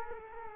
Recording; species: mosquito wingbeat signal from an infrared sensor; Culex quinquefasciatus